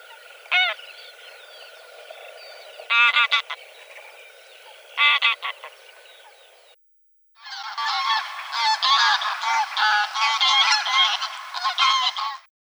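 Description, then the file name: Greylag Goose honking: a few loud honks in short bursts, then after a brief gap a dense stretch of many honks. "Anser anser"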